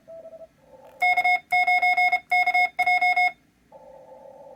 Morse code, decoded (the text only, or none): K9KJ